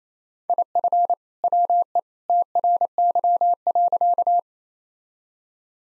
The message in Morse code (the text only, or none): IF WE TRY.